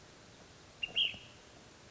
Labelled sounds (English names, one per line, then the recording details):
Ash-throated Flycatcher
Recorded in Sonoma County, California